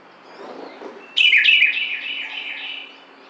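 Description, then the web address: Carolina wren song fragment: a sudden loud cluster of quick bright notes, trailing into a smeared, fading ringing tone. Recorded 12 June 2009. "Carolina Wren 2009 06 12"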